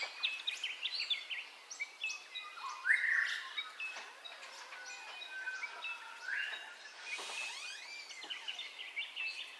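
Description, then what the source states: Bird: dawn chorus of many birds: quick chirps, short whistles and a loud rising note, with varied overlapping calls and later sweeping notes. Dawn ambience, recorded in stereo.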